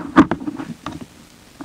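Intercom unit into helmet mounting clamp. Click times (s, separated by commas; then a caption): 0.3 s. A Sena SC1 Bluetooth intercom unit is lowered onto the mounting clamp of a Schuberth C4 helmet, curved side facing in because that side grabs the unit, and pressed down. A sharp click is heard at 0.3 s, followed by further faint clicks and rattles. The unit seats in the mount.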